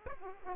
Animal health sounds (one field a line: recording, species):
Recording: mosquito wingbeat signal from an infrared sensor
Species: Aedes aegypti